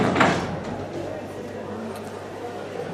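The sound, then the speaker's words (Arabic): A door is closed with a brief, fairly loud scraping thud near the start during a religious lesson on the introduction to prayer, followed by a steady low hum and faint background murmur for the rest. “اغلق الباب شيخ”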